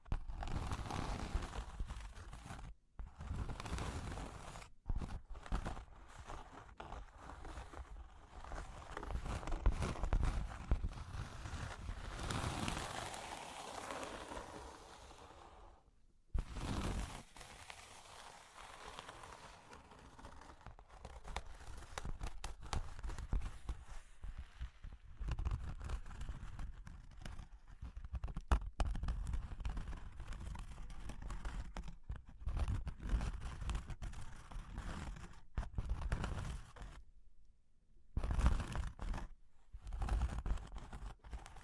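Cork and wood being tapped, scratched and traced, with dense, uneven rasping and rubbing strokes through most of the clip. The scraping brightens and thickens around ten to fifteen seconds, and brief silent gaps fall near 3, 16, 36 and 38 seconds.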